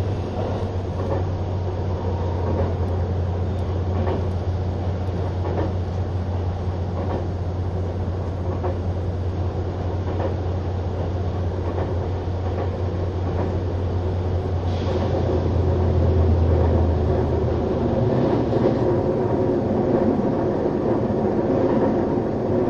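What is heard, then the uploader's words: Inside a train car, a steady low engine drone and motor hum run throughout, with a strong low tone holding until about 17 seconds, then fading. Faint rhythmic clicks and knocks from the wheels recur, and the rumble swells slightly near the end. HC85系 ひだ01号(グリーン車) 01/01:名古屋～高山. ハイブリッド方式としては日本最速となる120km/h運転を行うHC85系です。 グリーン車の静粛な空間ながらエンジン音とモーター音のバランスが抜群で. A great balance between the engine sound and the motor sound in a quiet space of the green car.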